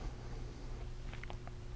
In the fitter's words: hold this perpendicular and wiggle it and then latch.